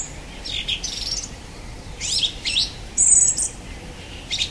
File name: Golosa ptic - Pevchij drozd